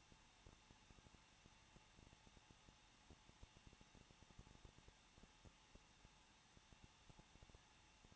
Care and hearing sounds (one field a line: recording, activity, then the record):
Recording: daily activity, microphone in the room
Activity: no activity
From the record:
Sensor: 1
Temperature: 20.1 degrees Celsius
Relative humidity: 39.2%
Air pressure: 1006.3 hPa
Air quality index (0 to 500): 218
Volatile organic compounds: 78 ppm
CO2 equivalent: 3594 ppm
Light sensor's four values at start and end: 1/2/1/1 and 1/2/1/1